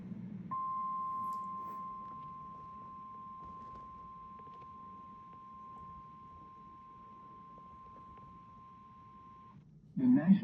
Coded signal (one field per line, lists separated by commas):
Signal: Emergency Alert System (SAME) tones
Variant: 1050 Hz attention tone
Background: speech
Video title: Is it Spring already??? EAS Alerts From 12-28-2025